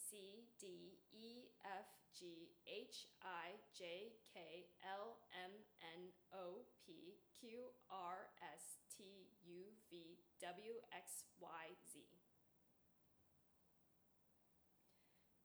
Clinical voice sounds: letters of the alphabet, spoken; free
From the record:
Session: seven days later

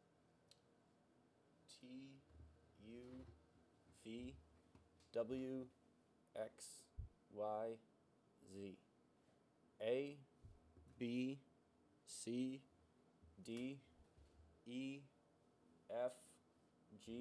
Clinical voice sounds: letters of the alphabet, spoken; free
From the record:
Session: seven days later

